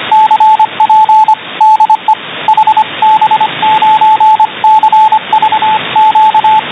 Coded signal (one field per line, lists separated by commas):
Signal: Morse code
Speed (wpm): 25 wpm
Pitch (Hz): 870 Hz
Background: radio noise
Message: CP DE HB9CVQ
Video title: SDR 28 MHz USB Morse Code